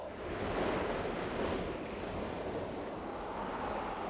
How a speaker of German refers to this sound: Wasser. Jetzt kommt das Wasser wieder näher. Ich muss hochkommen, dieser Wind drückt so.